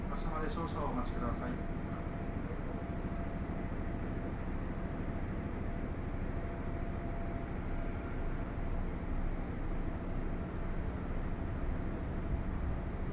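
A train rolls along with a dense, steady low rumble that holds level for the whole ride, with a faint whining tone running through it. In the first second or so, a brief voice or chime rises above the din, then only the car's constant roar remains.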